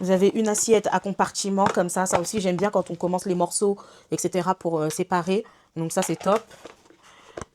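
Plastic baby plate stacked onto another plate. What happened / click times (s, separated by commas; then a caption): Plastic plates handled, not yet clipped together / none. A plastic compartment baby feeding plate is handled and brought toward another plastic plate to stack on it, while someone talks through most of the clip. A short sharp tick near 7.4 s is only handling noise. Nothing has seated or clicked yet; the plates have not clipped together by the end.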